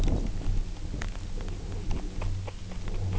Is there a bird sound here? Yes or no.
no